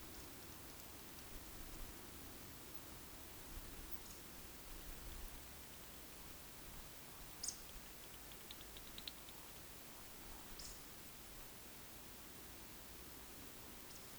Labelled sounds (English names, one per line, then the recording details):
Eurasian Woodcock whistle
Eurasian Woodcock croak
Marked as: whistle, whistle, croak, whistle, croak, whistle, whistle
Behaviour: display flight
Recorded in Baden-Württemberg, Germany, on 31 May 2021 at 20:12 UTC
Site 20675, 466 m above sea level